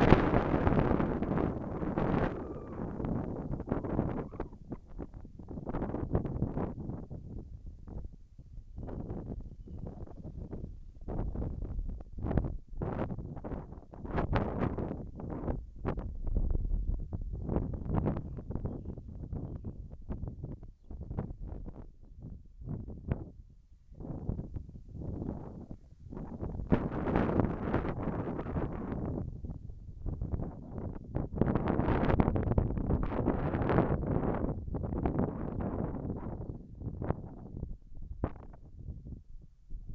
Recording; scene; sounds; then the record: everyday scene through a hearing-aid microphone; wind on the microphone; wind, whistling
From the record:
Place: in front of a rural house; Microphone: behind the ear, left, front